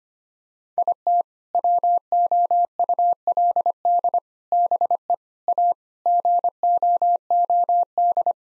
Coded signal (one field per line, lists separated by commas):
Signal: Morse code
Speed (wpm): 25 wpm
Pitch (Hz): 700 Hz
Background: none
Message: IT WOULD BE A GOOD